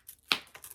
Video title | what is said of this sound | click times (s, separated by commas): 2023 birthday haul! | You hear that snap? | 0.3 s